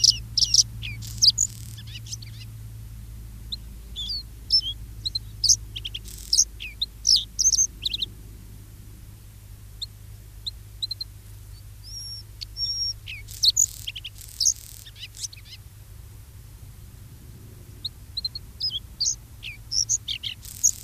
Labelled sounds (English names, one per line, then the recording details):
Bluethroat
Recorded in the wild
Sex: male
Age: diverse
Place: Baiersdorf, Bayern, DE
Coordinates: 49.6647, 11.0231
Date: 1967-06-29
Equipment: Vollspur
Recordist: Tretzel, Erwin
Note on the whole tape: Baiersdorf (Sandgrube) - inzwischen "Baiersdorfer Weiher" oder Angersee: Blaukehlchen: Gesang mit Imitationen: wäd-wäd (Dorngrasmücke), leise Tauchertriller, 1 x Kiebitz, Standortlaute der Jungen und Bettellaute "psirr", kurz Schwalbenzwitschern, Goldammer-Einleitung, pink in der Strophe, kurz vor Ende wird Zeisig imitiert